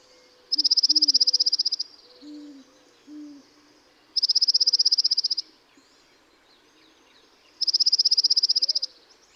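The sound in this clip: Dark-eyed junco giving three fast, flat, buzzy trills of about one and a half seconds each, spaced a few seconds apart, with faint low whistles in between.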